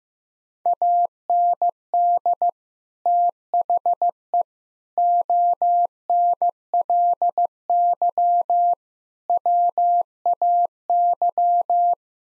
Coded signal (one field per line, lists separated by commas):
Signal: Morse code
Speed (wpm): 15 wpm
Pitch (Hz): 700 Hz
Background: none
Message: AND THE ONLY WAY